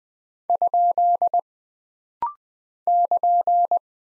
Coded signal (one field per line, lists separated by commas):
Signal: Morse code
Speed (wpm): 20 wpm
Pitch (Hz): 700 Hz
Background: none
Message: ? <KN>